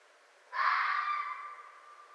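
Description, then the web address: Red fox with a single loud, harsh bark that trails off into a longer hoarse tone, with nothing else audible. Recorded 4 May 2011. "Red Fox 2011 05 04 Red Fox"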